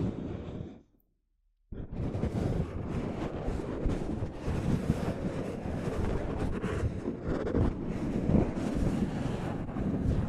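Soft fabric brushes against a microphone in a dense, rough rustle that fills the low end and reaches up brightly. A brief rustle opens, then nearly a second of silence before the brushing resumes around 1.7 seconds and continues steadily, with small surges throughout.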